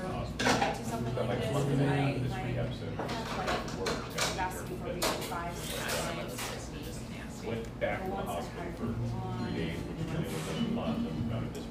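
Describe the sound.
Café chatter fills a little drip coffee joint, with steady overlapping voices, frequent clinks of dishes and cutlery, and a low hum underneath.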